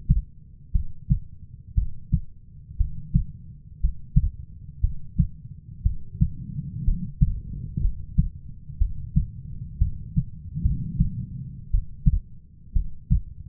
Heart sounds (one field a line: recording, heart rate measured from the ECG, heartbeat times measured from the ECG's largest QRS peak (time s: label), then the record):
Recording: heart sounds by stethoscope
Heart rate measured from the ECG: 60 bpm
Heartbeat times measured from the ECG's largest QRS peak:
0.72 s: heartbeat
1.74 s: heartbeat
2.77 s: heartbeat
3.80 s: heartbeat
4.80 s: heartbeat
5.82 s: heartbeat
6.84 s: heartbeat
7.81 s: heartbeat
8.78 s: heartbeat
9.78 s: heartbeat
10.62 s: heartbeat
11.70 s: heartbeat
12.73 s: heartbeat
From the record:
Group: healthy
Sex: female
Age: 37 years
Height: 168 cm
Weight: 70 kg